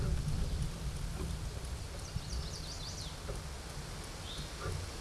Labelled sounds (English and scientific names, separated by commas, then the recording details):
Chestnut-sided Warbler (Setophaga pensylvanica) song
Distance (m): 40 m
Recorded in a Pennsylvania forest on 17 May 2023 at 14:05
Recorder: AudioMoth, point grid1_8_low
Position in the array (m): 107 m, 125 m